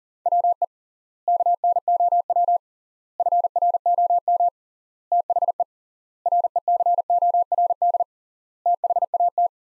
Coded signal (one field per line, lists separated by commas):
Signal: Morse code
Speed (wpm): 40 wpm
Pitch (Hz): 700 Hz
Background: none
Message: WE KNOW FROM THE RECORD THAT